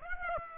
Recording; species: mosquito wingbeat signal from an infrared sensor; Aedes aegypti